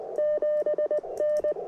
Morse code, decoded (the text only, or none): 7N